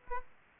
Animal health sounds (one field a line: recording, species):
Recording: mosquito wingbeat signal from an infrared sensor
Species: Aedes aegypti